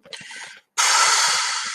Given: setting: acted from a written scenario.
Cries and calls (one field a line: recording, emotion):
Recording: vocal sound without words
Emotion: guilt